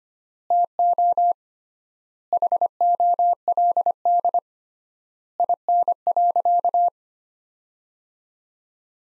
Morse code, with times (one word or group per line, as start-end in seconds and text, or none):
0.5-1.3 TO
2.3-4.4 HOLD
5.4-6.9 IN.